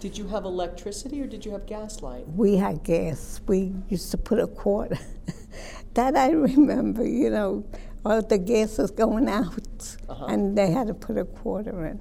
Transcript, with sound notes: Did you have electricity or did you have gas light?
We had gas. We used to put a quarter, (she laughs) that I remember, you know, while the gas was on.
Uh, huh.
And they had to put a quarter in.